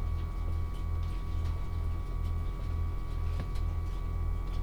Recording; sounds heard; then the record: poultry house recording; no chicken sound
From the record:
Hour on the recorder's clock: 16